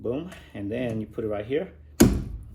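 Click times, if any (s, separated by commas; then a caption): 2.0 s. Someone talks as a WeBoost Overland external cellular antenna mast is set back into its holder on the vehicle mount. A sharp snap is heard at 2.0 s as it clicks in, and the antenna is seated in the mount.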